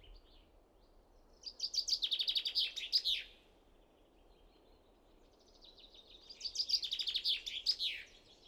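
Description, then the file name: Common chaffinch singing two songs, each a bright, rattling series of notes ending in a quick flourish. "Fringilla coelebs"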